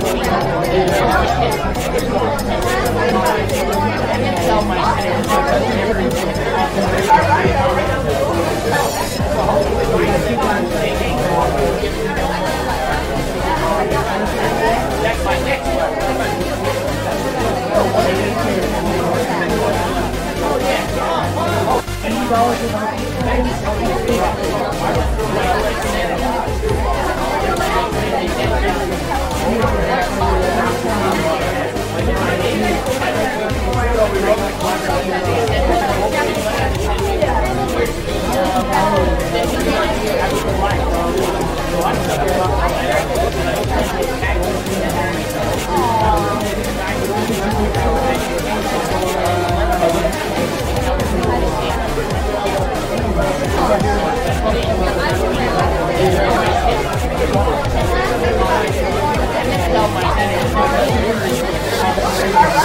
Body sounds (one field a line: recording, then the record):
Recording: background sound without coughing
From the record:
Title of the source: Nightlife Party Simulating Party Club Noise 1 Hour